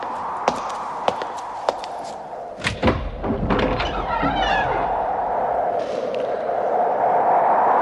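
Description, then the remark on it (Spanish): Three sharp, evenly spaced knocks, then a heavy thud and a creaking swing as a door is flung wide open, followed by a steady rushing hiss that lingers to the end. “Abrí de par en par la puerta.”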